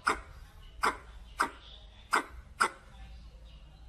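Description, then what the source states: Red squirrel giving abrupt, dry chuck notes, six in four seconds at an uneven pace, against a quiet low hum. Red squirrel calling to the group.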